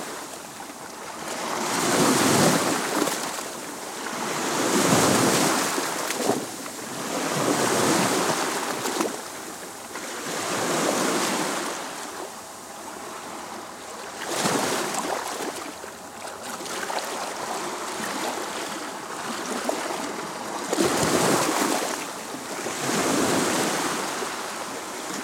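Waves of the Baltic Sea roll in and wash back in broad hissing surges every few seconds, steady, with a faint low rumble beneath.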